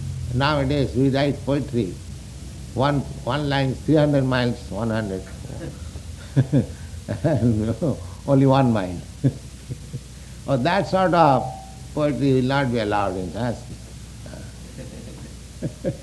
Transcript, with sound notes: nowadays we write poetry—one line is three hundred miles, one hundred, [chuckles] and only one mile. That sort of poetry will not be allowed in Sanskrit.